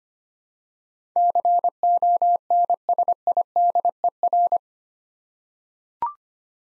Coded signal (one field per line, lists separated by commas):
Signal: Morse code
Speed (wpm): 25 wpm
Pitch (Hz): 700 Hz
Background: none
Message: CONSIDER